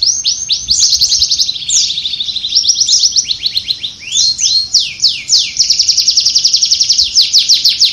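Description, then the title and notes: Canary singing loud, fast rolling trills and swept notes that change tempo from phrase to phrase, continuous throughout. Master canary song (kenari masteran), described as solid (mantap). "Suara Burung Kenari Masteran. master suara burung kenari mantap"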